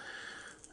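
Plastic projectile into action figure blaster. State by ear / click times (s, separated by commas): seated / 0.6 s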